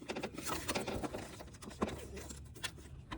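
A plastic battery frame piece for a Nissan car battery tray is handled two-handed at its mounting, with light plastic knocks and rustles, the sharpest at about 1.8 seconds. Nothing has clicked or seated yet; the piece is not yet home in the tray mount.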